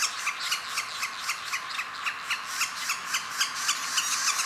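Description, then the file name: Northern flicker nestling begging: rhythmic hoarse, rasping pulses repeated several times a second without pause. Nestling, calling while being fed. "Northern Flicker Nestling Calling and Feeding"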